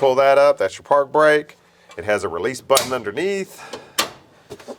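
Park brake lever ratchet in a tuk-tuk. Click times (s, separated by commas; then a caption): 4.0 s. Someone talks while pulling up the park brake handle on a tuk-tuk, which has a release button underneath. The handle's ratchet clicks sharply at 4.0 s and holds, locking the park brake on.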